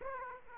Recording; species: mosquito wingbeat signal from an infrared sensor; Aedes aegypti